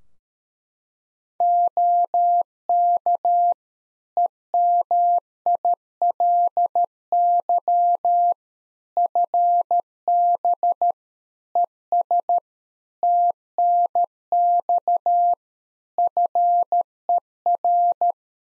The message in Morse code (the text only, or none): OK EMILY FB ES TNX FER